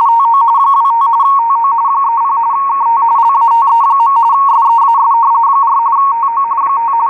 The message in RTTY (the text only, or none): TO 25 TO 30 KT LATE. SEAS 4 TO 5